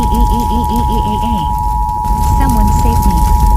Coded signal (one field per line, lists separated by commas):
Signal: Emergency Alert System (SAME) tones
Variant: 853 and 960 Hz attention tone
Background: speech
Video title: Forty-Seven Returns: An EAS Scenario